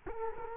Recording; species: mosquito wingbeat signal from an infrared sensor; Culex quinquefasciatus